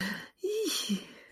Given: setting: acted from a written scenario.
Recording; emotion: vocal sound without words; elation